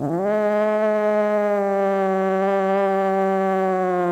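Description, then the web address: Cat sustaining a single steady, harmonic yowl without a break through the whole stretch. Cat named Sunshine. "sunshine the cat sunshine the cat-sounds of the cat"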